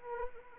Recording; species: mosquito wingbeat signal from an infrared sensor; Anopheles arabiensis